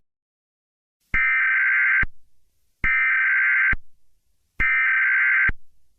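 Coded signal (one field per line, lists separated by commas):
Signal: Emergency Alert System (SAME) tones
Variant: header bursts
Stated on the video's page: Fictional simulated EAS scenario of a tornado event.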